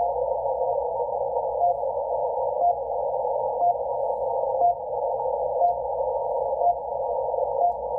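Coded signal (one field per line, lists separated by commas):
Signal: radio time signal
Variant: RWM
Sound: short tone pips once per second over filtered hiss, about 7 pips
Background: radio static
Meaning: Each short pip marks one second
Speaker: now let's go to the unfed wire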